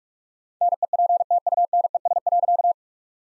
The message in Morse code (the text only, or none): NEPTUNES.